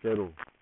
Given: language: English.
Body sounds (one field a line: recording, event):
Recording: throat vibration sensor signal played as sound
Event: speech